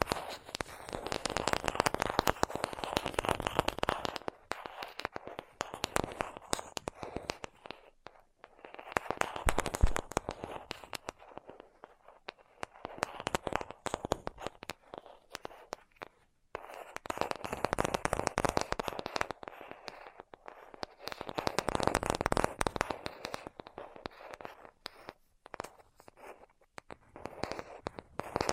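Rapid tapping in dense bursts, each flurry of quick clicks lasting a few seconds before dropping to near silence around 4, 8, 12, 16 and 24 seconds. The taps sound crisp and crackly, with a full mid-range body and bright edges.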